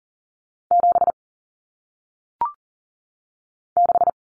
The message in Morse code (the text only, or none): 7 6